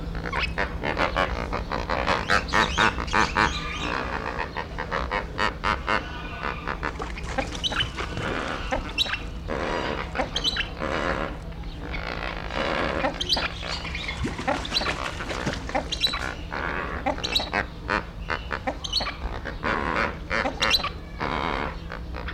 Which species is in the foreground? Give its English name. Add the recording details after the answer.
Lesser Flamingo. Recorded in captivity. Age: adult. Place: Zoo Berlin, Berlin, DE. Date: 1994-06-11 12:42. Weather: heiter, 12-16°C. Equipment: Marantz CP 430, Sennheiser ME 80, Kopie Uher Variocord 263. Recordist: Tembrock, Günter. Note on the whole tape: Am Gitter: agonistische Lautformen, Entfernung 2 m